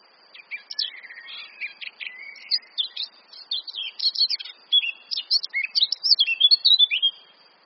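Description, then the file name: Eurasian blackcap song: soft chattering notes that build into a louder, rapid warble of mixed whistles and buzzy notes, growing stronger toward the end. "Sylvia atricapilla"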